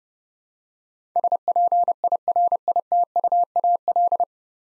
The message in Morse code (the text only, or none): SPIRITUAL